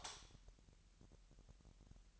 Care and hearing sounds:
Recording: daily activity, microphone in the room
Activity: light off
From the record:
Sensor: 3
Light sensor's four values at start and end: 13/35/15/14 and 6/13/5/5

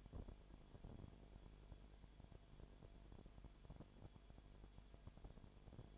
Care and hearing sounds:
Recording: daily activity, microphone in the room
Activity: no activity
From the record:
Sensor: 5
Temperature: 20.0 degrees Celsius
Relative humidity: 37.0%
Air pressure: 1007.4 hPa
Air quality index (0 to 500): 84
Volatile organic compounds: 1 ppm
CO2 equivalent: 965 ppm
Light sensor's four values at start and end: 2/3/1/1 and 2/3/1/1

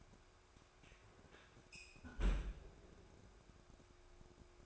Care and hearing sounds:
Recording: daily activity, microphone in the room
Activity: close fridge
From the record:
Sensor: 2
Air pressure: 1004.5 hPa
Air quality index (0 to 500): 184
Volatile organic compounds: 10 ppm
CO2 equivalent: 2218 ppm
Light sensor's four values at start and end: 4/11/4/4 and 4/11/4/4

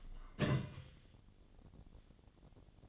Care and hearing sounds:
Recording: daily activity, microphone in the room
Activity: take from stove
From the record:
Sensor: 4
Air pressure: 1010.8 hPa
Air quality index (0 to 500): 169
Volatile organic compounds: 5 ppm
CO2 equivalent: 1719 ppm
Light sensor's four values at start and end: 38/110/44/45 and 39/111/44/45

